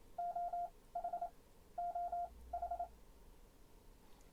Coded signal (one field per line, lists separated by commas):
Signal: Morse code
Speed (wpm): 27 wpm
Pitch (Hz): 700 Hz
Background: none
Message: OH OH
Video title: G0PNM's Keys #18 The Begali Leonessa